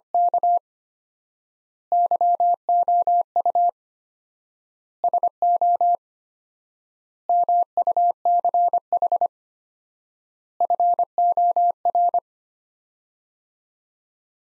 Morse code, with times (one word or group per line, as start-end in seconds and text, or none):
0.1-0.6 K
1.9-3.7 YOU
5.0-6.0 SO
7.3-9.3 MUCH
10.6-12.2 FOR